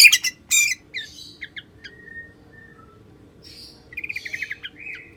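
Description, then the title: White-rumped shama song opening with harsh loud notes, then thin whistles and soft pauses, ending in a fast rapid trill of rolling notes, with a low steady hum underneath. "murai batu"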